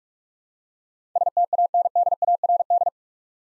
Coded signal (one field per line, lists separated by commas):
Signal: Morse code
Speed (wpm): 45 wpm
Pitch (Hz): 700 Hz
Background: none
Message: STANDARD